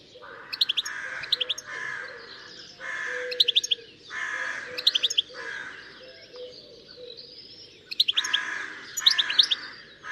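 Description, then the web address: Bird calls in repeated bursts: harsh, noisy phrases mixed with sharp high chirps, with quieter gaps between. "Deverinetal. Bird Only"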